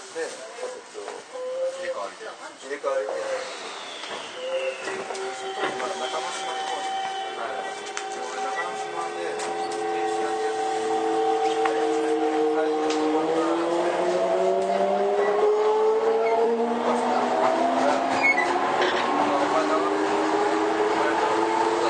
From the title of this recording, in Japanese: 都営5300形 押上ー五反田